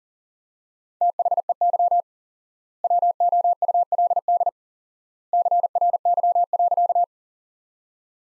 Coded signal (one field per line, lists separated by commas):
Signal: Morse code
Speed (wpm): 40 wpm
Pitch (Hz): 700 Hz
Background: none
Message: THEY WOULD CRY.